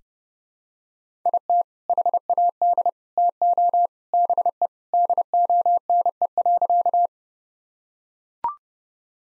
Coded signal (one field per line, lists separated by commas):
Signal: Morse code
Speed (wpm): 30 wpm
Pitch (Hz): 700 Hz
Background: none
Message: IT HAD TO BE DONE.